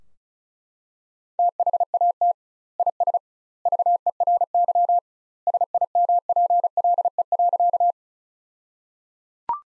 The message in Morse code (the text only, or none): THAT IS VERY SIMPLE.